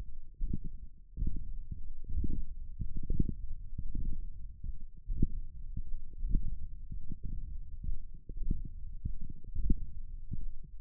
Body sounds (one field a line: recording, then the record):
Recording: forearm muscle sounds (acoustic myography)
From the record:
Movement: index flexion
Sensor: system 1, eight BSWA MPA416 microphones around the upper forearm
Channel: 8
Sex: male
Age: 23 years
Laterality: right